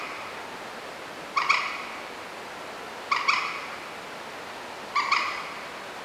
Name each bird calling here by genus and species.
Gallinula chloropus